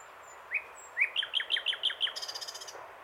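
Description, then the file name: Common nightingale singing: two rising notes, then a fast series of sharp repeated chips, ending in a harsh buzzy rattle. "Luscinia megarhynchos"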